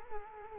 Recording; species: mosquito wingbeat signal from an infrared sensor; Culex quinquefasciatus